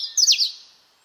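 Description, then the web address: Bird call, a brief high chirp that slides downward, fading quickly into quiet. "Deverinetal 2025"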